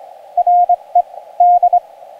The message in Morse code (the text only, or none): RED